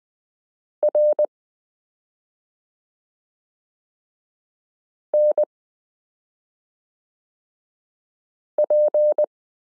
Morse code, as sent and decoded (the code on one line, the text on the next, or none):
.-. -. .--.
RNP